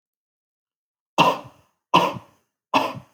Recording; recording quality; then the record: heavy voluntary cough; excellent, no background noise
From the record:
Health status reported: healthy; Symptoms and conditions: none ticked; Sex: male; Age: 20 years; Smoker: not ticked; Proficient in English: yes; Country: India